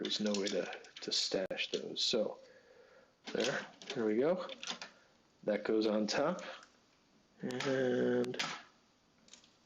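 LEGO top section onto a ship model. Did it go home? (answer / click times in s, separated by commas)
yes / 9.3 s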